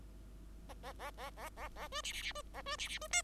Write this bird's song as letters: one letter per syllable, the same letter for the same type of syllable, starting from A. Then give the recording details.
A A A A A A A B C C C B A B C C B D. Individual Bird5